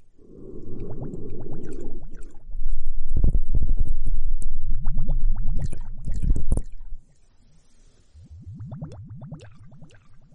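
Foamy bubbling fills the first seven seconds, a dense run of quick rising pops and gurgles over a low rumble. A louder burst with sharp crackles comes around three seconds and again near six. After seven seconds it drops to soft, sparse gurgling.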